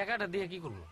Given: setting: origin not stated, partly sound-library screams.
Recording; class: one-second piece from a danger detection set; normal situation